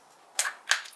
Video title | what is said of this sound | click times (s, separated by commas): Poetic Revolution case for Pixel 10 Pro XL - Review | clicks into place really nicely. | 0.4 s, 0.7 s